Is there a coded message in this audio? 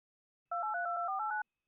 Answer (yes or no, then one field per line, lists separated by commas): yes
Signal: DTMF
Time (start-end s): 0.5-1.4 s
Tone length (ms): 120 ms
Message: 2832489